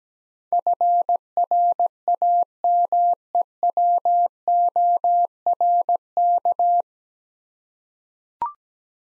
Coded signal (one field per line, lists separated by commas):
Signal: Morse code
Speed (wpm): 17 wpm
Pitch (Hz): 700 Hz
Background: none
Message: FRAMEWORK